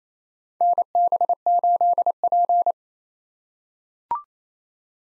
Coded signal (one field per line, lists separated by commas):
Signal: Morse code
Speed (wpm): 28 wpm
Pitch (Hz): 700 Hz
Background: none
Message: NB8P